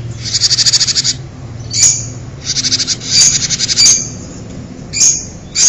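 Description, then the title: Bird gives rattling high trills interspersed with quick piercing chirps, several phrases in a row, a low hum underneath. "kikicau"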